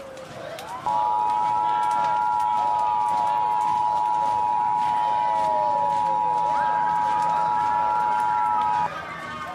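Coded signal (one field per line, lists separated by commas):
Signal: Emergency Alert System (SAME) tones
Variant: 853 and 960 Hz attention tone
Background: speech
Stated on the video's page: Fictional EAS scenario with voice actors and music, not a real alert.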